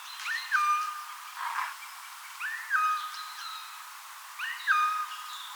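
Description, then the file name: Eurasian jay calling three times, each a swooping note ending in a sustained flat tone, with a brief rustling burst between the first two calls. "Garrulus glandarius"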